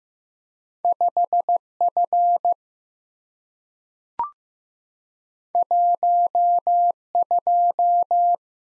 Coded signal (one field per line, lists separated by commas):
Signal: Morse code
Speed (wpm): 15 wpm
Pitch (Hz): 700 Hz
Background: none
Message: 5F 12